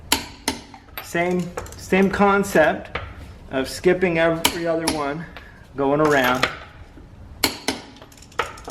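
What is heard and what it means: A clicker-type torque wrench tightens lug nuts on an aluminum alloy wheel of a 2015-2020 Kia Optima. It gives a sharp click at 0.1 s when it reaches the set torque, and more sharp metallic clicks follow around 7.4–8.4 s. Someone talks in between.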